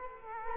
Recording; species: mosquito wingbeat signal from an infrared sensor; Culex quinquefasciatus